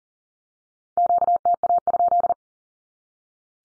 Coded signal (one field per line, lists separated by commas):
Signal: Morse code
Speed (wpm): 40 wpm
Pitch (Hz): 700 Hz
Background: none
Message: QTA?